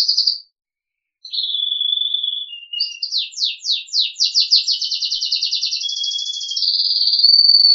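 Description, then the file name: Crested canary song, a high whistled opening, then a level trill and a rolling trill that runs unbroken for several seconds. "audio kenari jambul"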